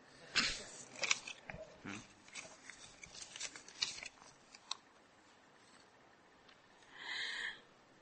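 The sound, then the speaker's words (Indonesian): Paper rustles and crinkles in a run of quick, crisp bursts of varying loudness, ending in a brief, steadier swish of sheets sliding against each other. “Gantian sama kertas.”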